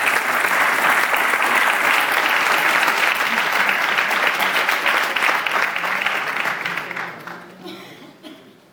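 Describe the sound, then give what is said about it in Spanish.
Loud, sustained audience applause at the award ceremony of the seventh Euskadi Saboreada pintxo championship and Diputación Foral de Gipuzkoa grand prize, as Roque Akizu, Gipuzkoa's director of Tourism and External Action, is called up. A dense crackle of many hands clapping at once holds steady for several seconds before gradually thinning and fading out. “Un fuerte aplauso.”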